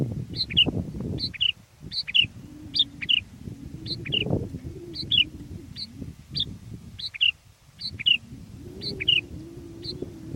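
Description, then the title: Sooty-headed bulbul song: short bubbly two-note phrases repeated in quick succession, high and clear over low background noise. "kutilang"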